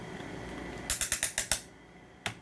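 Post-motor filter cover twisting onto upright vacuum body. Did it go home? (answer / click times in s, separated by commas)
yes / 0.9 s, 1.0 s, 1.1 s, 1.2 s, 1.4 s, 1.5 s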